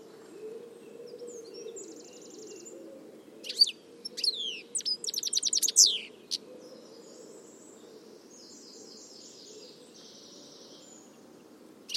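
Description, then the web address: Birds giving high chirps and a fast run of sharp repeated notes in the middle, with soft buzzy trills afterward and a low background drone. "Deverinetal"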